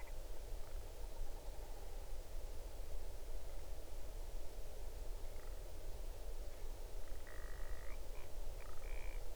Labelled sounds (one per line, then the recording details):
grouse or ptarmigan
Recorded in the Arctic National Wildlife Refuge, Alaska, on 8 June 2019 at 01:11
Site 40